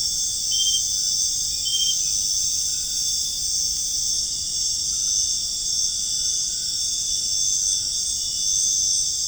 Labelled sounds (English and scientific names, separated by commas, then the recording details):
none
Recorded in dense forest near Puerto Asís, Putumayo, Colombia, on 23 June 2025 at 20:00
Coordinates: 0.481, -76.323
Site G072